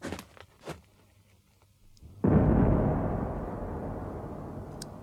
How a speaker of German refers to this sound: Ein einzelner Schuss der Signalkanone ertönte.